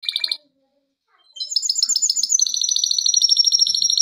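Canary song: a brief trill, about a second of silence, then a sustained high rattling trill of rapidly repeated notes.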